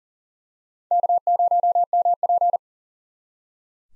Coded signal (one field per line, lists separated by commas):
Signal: Morse code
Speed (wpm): 40 wpm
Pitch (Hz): 700 Hz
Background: none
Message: K0MP